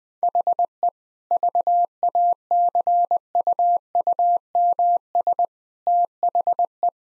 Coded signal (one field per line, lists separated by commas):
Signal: Morse code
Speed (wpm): 21 wpm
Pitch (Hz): 700 Hz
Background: none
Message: HE VACUUMS THE